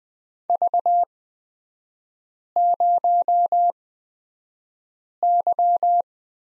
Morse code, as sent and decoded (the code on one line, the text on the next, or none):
...- ----- -.--
V0Y